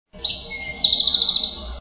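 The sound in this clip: Towhee song: a high note followed by a fast trill held steady for about a second.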